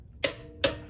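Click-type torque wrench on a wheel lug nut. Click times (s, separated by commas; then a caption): 0.2 s, 0.6 s. A click-type torque wrench tightening a lug nut on a Tesla wheel gives two sharp, bright metallic clicks at 0.2 s and 0.6 s against a quiet low hum. Each click means the nut has reached the 129 torque setting.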